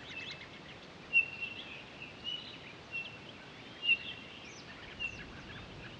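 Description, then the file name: Townsend's solitaire repeating short, even high whistles at irregular intervals, with quieter chips and twittering behind. Recorded 23 October 2011. "20111023 townsends-solitaire"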